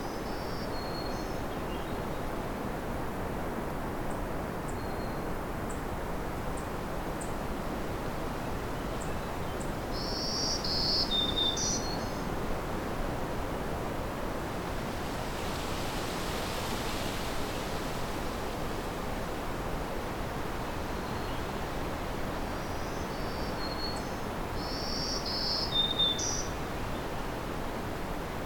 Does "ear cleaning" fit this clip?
no